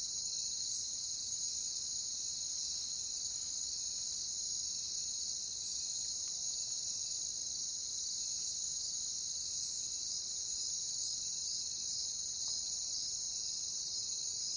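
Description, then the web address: Cricket chorus, a continuous high shrill buzz that grows louder and brighter in the last few seconds. "Natures Songs Sleep Sounds of Nature CRICKETS Crickets"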